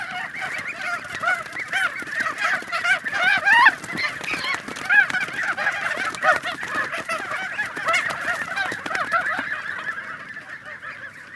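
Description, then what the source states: Goose: geese, young ones, keep up a busy clamour of nasal honks and higher squeaks overlapping throughout, the chorus thinning slightly near the end. Young birds.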